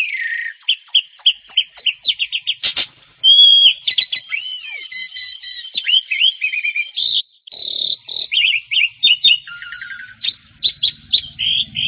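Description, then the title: Oriental magpie-robin song, a rapid, varied stream of sweet whistles, slurred notes and quick repeated chips and trills, with brief pauses between phrases. "Kacer"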